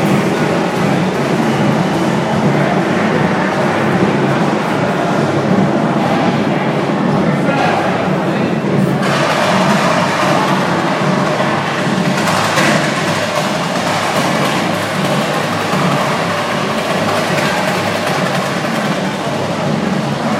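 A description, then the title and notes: A lively party packed with people, voices overlapping into a thick, constant crowd roar with no pauses across the twenty seconds. The din stays loud, with brief brighter swells of cheering or clatter around the middle and again a little later. These brasilians know how to party! at Holiday Inn. At Holiday Inn by Dave Haynes.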